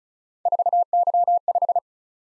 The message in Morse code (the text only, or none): 4Y5